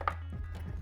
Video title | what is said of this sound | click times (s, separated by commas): How to Install The Prop Power Add-on Onto The FT Retro Rocket // BUILD | and we'll do one last little test fit you see that slides right up in there and pops into place | 0.1 s